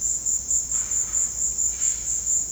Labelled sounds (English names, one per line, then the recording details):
none
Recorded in pastures near Puerto Asís, Putumayo, Colombia, on 13 March 2025 at 16:00
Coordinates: 0.502, -76.324
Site GP07